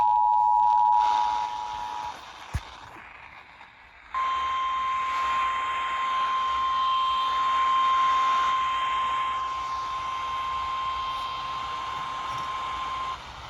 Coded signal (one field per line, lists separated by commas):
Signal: Emergency Alert System (SAME) tones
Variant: 853 and 960 Hz attention tone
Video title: The Return of Random River Flood Warnings... EAS Alerts from January 4, 2021 (EAS #780-781)